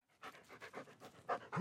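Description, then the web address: German Shepherd dog panting rapidly, ending in a brief whine. Light panting and whining. "Big Room Sound Dog German Shepherd"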